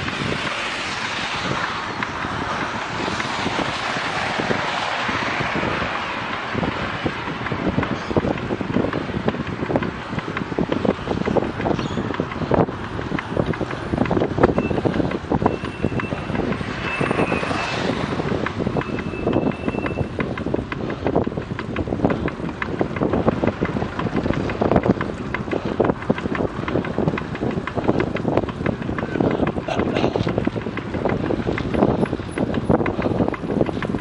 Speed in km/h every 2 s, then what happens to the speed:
17, 17, 17, 17, 18, 18, 18, 18, 19, 19, 19, 19, 20, 20, 20, 20, 21.
0-34 steady at about 19.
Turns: none.